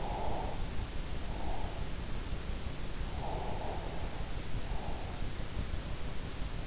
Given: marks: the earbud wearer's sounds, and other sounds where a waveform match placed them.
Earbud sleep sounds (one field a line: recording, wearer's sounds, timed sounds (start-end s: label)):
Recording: sounds in sleep by an in-ear microphone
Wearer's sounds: breath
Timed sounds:
0.01-1.90 s: breath
3.20-5.13 s: breath